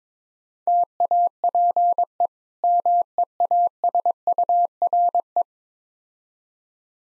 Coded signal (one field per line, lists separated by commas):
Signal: Morse code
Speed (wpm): 24 wpm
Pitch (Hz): 700 Hz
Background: none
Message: TAPE MEASURE